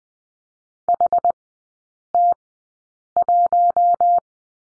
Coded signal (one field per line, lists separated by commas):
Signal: Morse code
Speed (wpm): 20 wpm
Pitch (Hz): 700 Hz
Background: none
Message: HT1